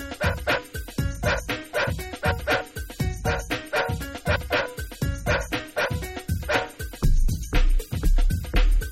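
Dog barking: a rapid series of harsh barks throughout.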